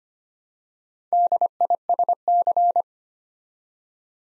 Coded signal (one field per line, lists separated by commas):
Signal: Morse code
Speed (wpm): 25 wpm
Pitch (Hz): 700 Hz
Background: none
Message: DISC